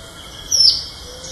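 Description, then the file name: Greenish elaenia giving a single thin, high note that slides downward. Recorded at San Sebastian de la Selva on 31 March 2013. "Myiopagis-viridicata 2013-03-31 San-Sebastian-de-la-Selva Jorge-La-Grotteria"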